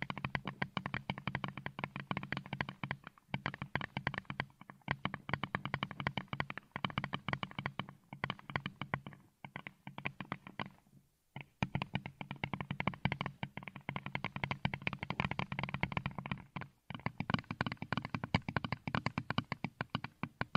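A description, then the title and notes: Fingernails tap rapidly on a headphone, a dense run of sharp clicks with a dull low thump under each burst. The tapping comes in flurries, with short pauses near 3, 5, 11 and 17 seconds before resuming at a similar fast pace. Headphone Nail tapping.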